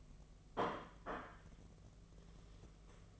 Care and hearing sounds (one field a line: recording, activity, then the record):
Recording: daily activity, microphone in the room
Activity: place plate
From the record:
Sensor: 4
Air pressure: 1016.0 hPa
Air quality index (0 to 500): 208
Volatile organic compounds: 13 ppm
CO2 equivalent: 2392 ppm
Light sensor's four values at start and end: 12/27/11/10 and 12/27/11/10